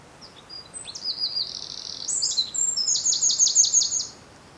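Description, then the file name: Eurasian wren song: a rapid, high-pitched burst of shrill notes and buzzy trills, ending in a loud rattling trill, lasting about four seconds against faint background hiss. "Troglodytes troglodytes"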